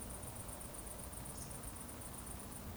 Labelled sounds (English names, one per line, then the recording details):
Eurasian Woodcock whistle
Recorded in Baden-Württemberg, Germany, on 24 June 2020 at 20:39 UTC
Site 14569, 102 m above sea level